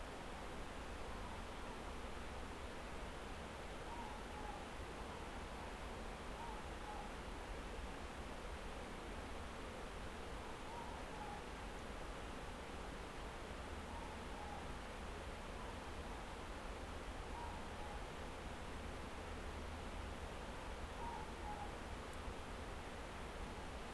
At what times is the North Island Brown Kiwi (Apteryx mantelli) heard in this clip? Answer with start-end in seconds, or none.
none